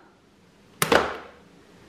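Pressing the release button on the plastic dust bin of a Shunzao Z11 MAX cordless stick vacuum makes the bin lid latch pop open automatically with a sharp snap at 0.8 s, and the bin empties. A second burst follows at about 0.95 s and trails off in a rattling decay by around 1.3 s. The latch is confirmed released.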